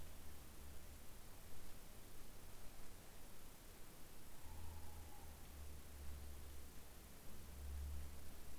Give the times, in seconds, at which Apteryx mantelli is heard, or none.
none